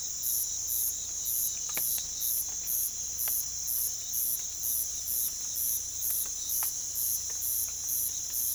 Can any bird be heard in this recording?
no